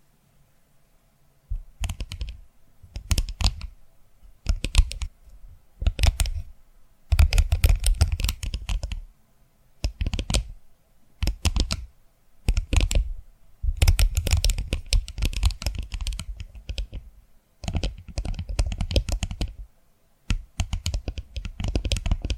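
Tapping for ASMR comes in quick clustered bursts of crisp clicks, like fingers drumming on a keyboard. Short runs of about a second alternate with brief pauses, and some longer dense stretches run two or three seconds, with a low thud under each tap.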